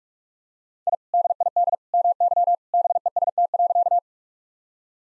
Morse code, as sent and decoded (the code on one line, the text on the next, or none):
.. / -.. .. -.. / -- -.-- / -... . ... - .-.-.-
I DID MY BEST.